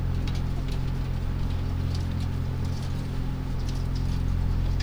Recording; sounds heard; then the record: poultry house recording; healthy chickens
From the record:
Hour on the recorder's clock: 1